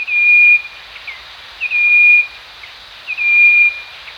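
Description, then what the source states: Striped wren-babbler whistling a clear, flat, sustained note, repeated three times at steady intervals of about one and a half seconds. Recorded at Danum on 1 March 2008.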